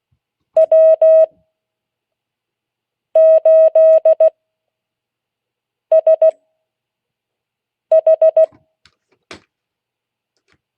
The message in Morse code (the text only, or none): W8SH